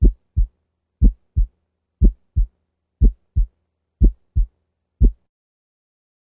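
Simulated heart sounds at a steady 60 beats a minute: a louder low thump followed by a softer one in each cycle, heard in the tricuspid area. The first heart sound is split. Pathologic splitting can arise from bundle branch block or ventricular extrasystoles.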